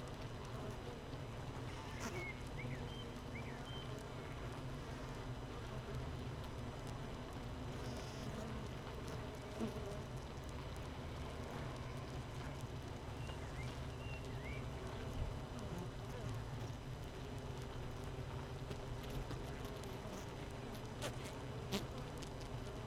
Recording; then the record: honeybee colony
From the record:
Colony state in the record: missing queen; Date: 31 May 2018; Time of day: 7:28